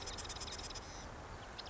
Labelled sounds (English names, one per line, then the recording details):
Marsh Wren
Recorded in Sonoma County, California